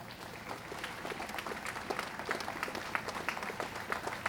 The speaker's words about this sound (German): Deshalb nochmal einen Applaus